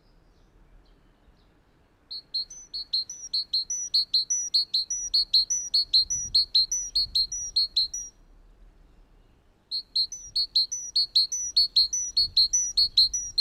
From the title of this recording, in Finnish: Talitiainen